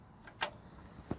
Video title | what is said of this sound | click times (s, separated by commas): 3 PT Hitch and other Tractor Parts - TRACTOR TERMS on compact Tractors PT 1 | push it forward now watch very closely into this collar snaps into place not sure if you saw that or not but this collar now is in place | 0.4 s